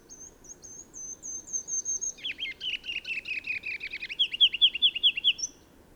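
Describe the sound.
Bird song: thin, high whistled notes lead into a lower, rapid series of sweeping chirps that grows louder, then a final high note, over steady low background hiss.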